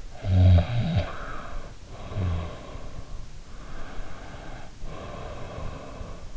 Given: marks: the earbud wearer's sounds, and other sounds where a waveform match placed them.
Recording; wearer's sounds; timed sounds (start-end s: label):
sounds in sleep by an in-ear microphone; snoring breath
0.15-2.94 s: snoring breath
3.54-6.28 s: snoring breath